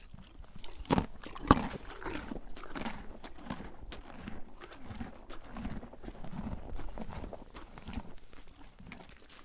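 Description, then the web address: Horse chewing, with a steady run of crunchy, grinding bites and two sharper crunches near the start. Horse eating, munching a carrot. "lynne-publishing Horse eating munching carrot"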